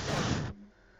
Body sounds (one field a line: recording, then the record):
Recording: coughing mixed with background sound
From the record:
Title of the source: Barking cough - # 10